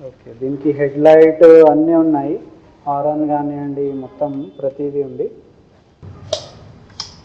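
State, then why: Seated. A bicycle wheel lock on the frame of a bicycle in a shop is pushed closed while a man talks for the first five seconds. Two sharp metallic clicks follow at 6.3 s and 7.0 s as the lock snaps shut and engages.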